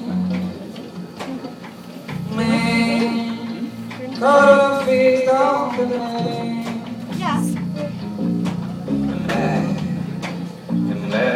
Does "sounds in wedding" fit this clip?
yes